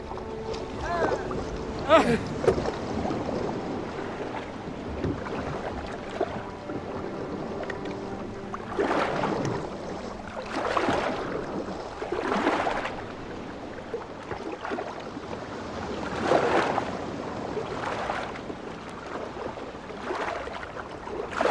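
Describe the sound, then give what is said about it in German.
Oars dip and pull through water in a steady rhythm as a crew rows a boat toward land, each stroke a splashing whoosh repeating every second or two, with brief shouted commands and a sharp knock early on. “An die Riemen! Sabu, Kurs Steuerbord! Ei, ei, Captain, sei! Und jetzt alle zusammen! Pull! Eins, zwei!”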